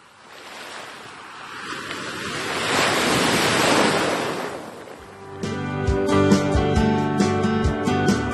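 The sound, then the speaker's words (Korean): A wave swells into a loud, hissing wash of surf that builds and recedes over several seconds, then music with plucked, tonal notes takes over. “시원한 파도 소리가 듣고 싶어지는 요즘.”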